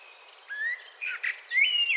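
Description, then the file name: Common blackbird with mellow, fluting whistled notes, a long rising whistle, two short richer bursts, then a clear sustained whistle. "Turdus merula"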